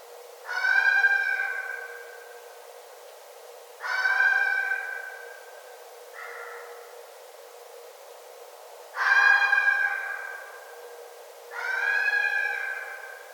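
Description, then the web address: Red fox wailing: four long, hoarse, tonal calls at uneven intervals, with a fainter, shorter call in between. Recorded 9 December 2011. "Red Fox 2011 12 09 Red Fox"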